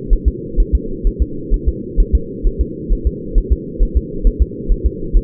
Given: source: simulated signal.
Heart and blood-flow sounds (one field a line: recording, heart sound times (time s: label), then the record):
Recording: fetal heart sounds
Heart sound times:
0.13 s: S1
0.28 s: S2
0.60 s: S1
0.75 s: S2
1.07 s: S1
1.22 s: S2
1.54 s: S1
1.68 s: S2
2.00 s: S1
2.15 s: S2
2.47 s: S1
2.61 s: S2
2.93 s: S1
3.07 s: S2
3.38 s: S1
3.53 s: S2
3.83 s: S1
3.97 s: S2
4.27 s: S1
4.42 s: S2
4.72 s: S1
4.86 s: S2
5.17 s: S1
From the record:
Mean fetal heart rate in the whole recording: 130 bpm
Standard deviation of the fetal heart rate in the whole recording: 4 bpm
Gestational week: 38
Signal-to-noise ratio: -4.3 dB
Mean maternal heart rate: 72 bpm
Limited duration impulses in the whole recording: absent